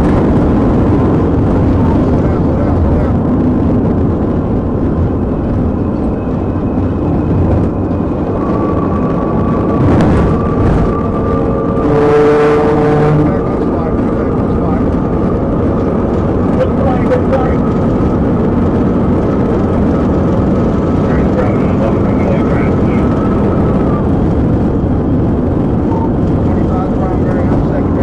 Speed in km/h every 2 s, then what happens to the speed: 184, 159, 151, 148, 155, 164, 169, 172, 177, 185, 188, 188, 185, 174.
0-5 brakes to 148. 5-20 speeds up to 188. 20-28 slows to 174.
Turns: none.